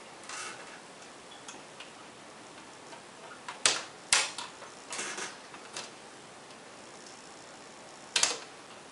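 A plastic display bezel on a Toshiba C650 laptop, hooked onto the hinge clips first, is pressed around the lid into the laptop lid back cover. Sharp plastic snaps ring out at 3.7, 4.1 and 8.2 seconds, with quieter rustling and handling between them. The bezel clips snap in and the bezel is seated.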